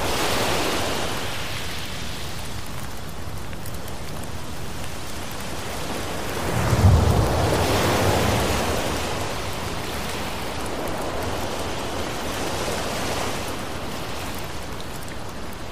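Dense, steady rain hiss mixed with ocean surf fills the whole stretch at an even level. Around seven seconds a deeper swell rolls in with a low rumble, like a wave breaking, then the wash settles back to its constant roar.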